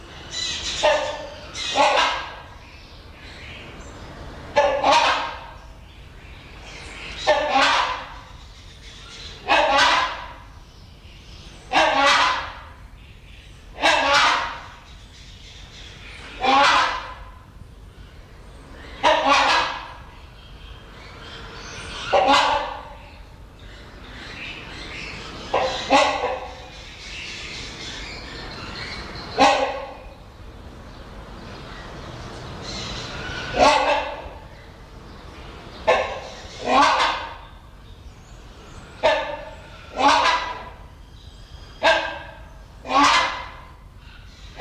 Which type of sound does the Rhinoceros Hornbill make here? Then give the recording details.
duetting. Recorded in captivity. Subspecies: borneoensis. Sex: pair. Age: adult. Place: Zoo Berlin, Berlin, DE. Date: 1988-10-07 12:31. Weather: bedeckt, 12°C, Wind. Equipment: Sony WM-D6C, Kopie Uher. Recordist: Tembrock, Günter